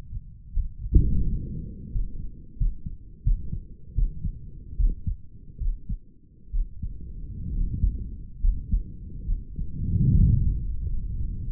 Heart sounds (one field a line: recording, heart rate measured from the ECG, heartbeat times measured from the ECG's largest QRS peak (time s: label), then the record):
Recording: heart sounds by stethoscope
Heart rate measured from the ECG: 75 bpm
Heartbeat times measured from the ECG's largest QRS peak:
0.51 s: heartbeat
1.22 s: heartbeat
1.91 s: heartbeat
2.57 s: heartbeat
3.23 s: heartbeat
3.94 s: heartbeat
4.76 s: heartbeat
5.58 s: heartbeat
6.51 s: heartbeat
7.50 s: heartbeat
8.40 s: heartbeat
9.26 s: heartbeat
10.12 s: heartbeat
10.87 s: heartbeat
From the record:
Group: healthy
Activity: breath hold 0-3 s, rest 3-12 s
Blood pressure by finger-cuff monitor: 135/81 mmHg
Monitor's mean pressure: 92 mmHg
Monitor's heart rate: 73 bpm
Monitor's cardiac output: 6.7 L/min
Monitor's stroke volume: 87 mL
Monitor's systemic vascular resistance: 910 dyn s/cm5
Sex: male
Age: 35 years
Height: 180 cm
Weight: 86.9 kg